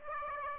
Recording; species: mosquito wingbeat signal from an infrared sensor; Aedes aegypti